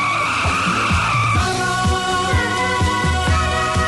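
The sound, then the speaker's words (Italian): A motorcycle engine roars loudly and steadily, with a squealing, skidding edge and rhythmic low pulses as a man rides in on it, no voices present. “Un solo uomo è in grado di porre fine a questi soprusi e arriva in sella ad una rombante motocicletta.”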